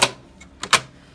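The front and side covers of a Juki overlock serger are shut after threading, closing onto the serger body with sharp plastic clicks at 0.0 s and 0.7 s. A faint tick near 0.4 s and a smaller knock at 0.6 s come in between, and the covers end up seated closed.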